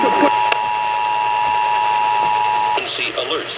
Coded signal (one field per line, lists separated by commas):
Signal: Emergency Alert System (SAME) tones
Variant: 853 and 960 Hz attention tone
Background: speech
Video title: The Tests Before Summer School (Monthly EAS Tests from 6/13/23) (EAS #1,331-1,340)